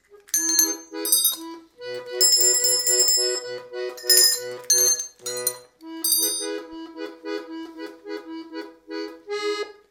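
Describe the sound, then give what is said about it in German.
Bells ring out a simple melody, one bright, shimmering note after another in a steady rhythm, each tone lingering briefly before the next. No voices accompany the tune. “Das Lied hat was mit Glocken zu tun.”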